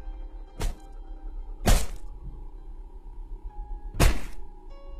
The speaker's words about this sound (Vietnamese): Tay nó giơ cao cục đá, rồi liên tiếp đập lên đầu chị.